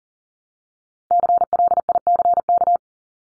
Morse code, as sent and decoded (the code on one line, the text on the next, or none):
-.-. .-.. .. -.-. -.-
CLICK